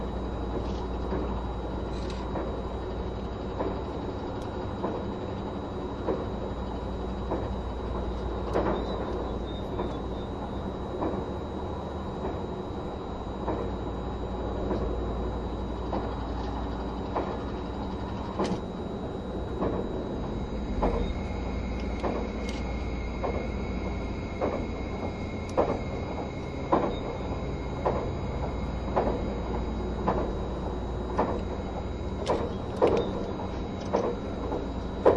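A train's running sound: a steady low rumble with a faint hum underneath. Sharp clacks from the rails come irregularly at first, then settle into a regular beat about every second and a half after the twenty-second mark, when a thin high whine also appears.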